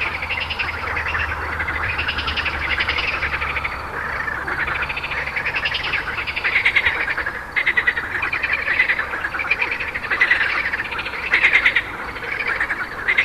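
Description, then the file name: Frog chorus of many overlapping rattling, pulsed calls rising and falling in waves, with brief louder bursts standing out. "grenouilles"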